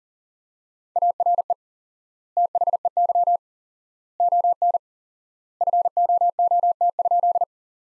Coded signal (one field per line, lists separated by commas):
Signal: Morse code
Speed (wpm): 40 wpm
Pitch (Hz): 700 Hz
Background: none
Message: ARE THEY ON FOOT?